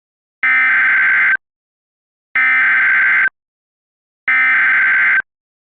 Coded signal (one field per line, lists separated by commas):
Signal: Emergency Alert System (SAME) tones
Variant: header bursts